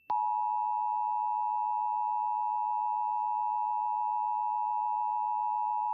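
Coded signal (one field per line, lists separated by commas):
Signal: Emergency Alert System (SAME) tones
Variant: 853 and 960 Hz attention tone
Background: speech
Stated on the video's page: Required monthly tests from Pennsylvania broadcast and TV stations.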